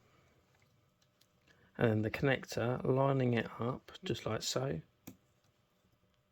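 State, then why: Seated. A Dell laptop fan's cable connector is lined up and pushed into its motherboard socket while someone talks. A single sharp click at 5.1 s marks the connector seating in place.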